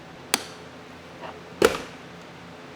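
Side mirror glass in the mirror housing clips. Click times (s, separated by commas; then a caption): 0.3 s, 1.7 s. A plastic pry tool is worked behind a car's side mirror glass with pressure until the glass's retaining clips in the mirror housing let go with sharp pops at 0.3 s and 1.7 s, with a faint softer sound between them. The clips release and the mirror glass comes free of the housing.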